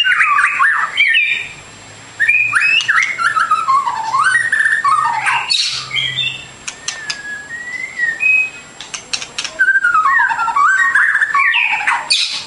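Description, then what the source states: Bird song, lively varied whistles and chattering slurs in long bursts, broken by a brief pause and a faint low hum. Masteran training recording of bird song, complete version.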